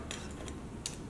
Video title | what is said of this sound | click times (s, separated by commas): Benro FH100M2 Filter Holder Kit Demonstration - PROGEAR | filter holder clicks into place like so easy easy | 0.9 s